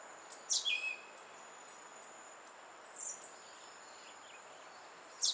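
Western red-legged thrush calls: a sharp, squeaky note dropping steeply from very high pitch, with fainter high notes after, and a steady high insect whine throughout.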